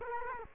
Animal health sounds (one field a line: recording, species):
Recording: mosquito wingbeat signal from an infrared sensor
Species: Culex quinquefasciatus